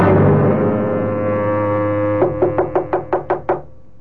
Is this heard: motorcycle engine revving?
no